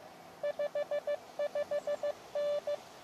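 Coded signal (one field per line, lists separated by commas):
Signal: Morse code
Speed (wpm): 17 wpm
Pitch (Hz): 590 Hz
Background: none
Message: 55N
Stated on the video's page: Live portable QRP CW park operation with an Elecraft KX2 and HyEndFed antenna, making contact after contact.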